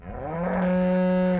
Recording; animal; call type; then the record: contact call of a hoofed animal; cattle; low-frequency (closed-mouth) or high-frequency (open-mouth) call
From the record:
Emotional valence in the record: negative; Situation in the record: full separation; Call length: 1.39 s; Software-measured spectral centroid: 1370 Hz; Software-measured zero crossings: 830 a second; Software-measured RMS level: -24 dBFS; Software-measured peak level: -17 dBFS